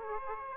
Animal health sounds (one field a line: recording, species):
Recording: mosquito wingbeat signal from an infrared sensor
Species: Aedes aegypti